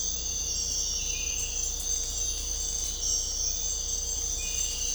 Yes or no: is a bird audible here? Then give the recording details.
no. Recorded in dense forest near Puerto Asís, Putumayo, Colombia, on 16 December 2024 at 05:30. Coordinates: 0.499, -76.324. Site G045